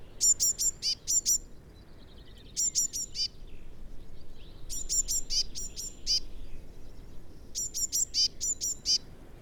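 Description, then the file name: Eurasian blue tit calls: four bursts of thin, high, sharp notes in quick succession, each run ending in a lower buzzy note, about every two and a half seconds over a low background rumble. "Cyanistes caeruleus"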